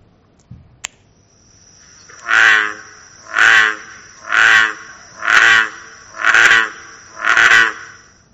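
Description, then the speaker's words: American bullfrog song: six calls repeated about once a second, with a faint steady high tone running through. Played back recording. "And I'm going to play a bullfrog song here for you."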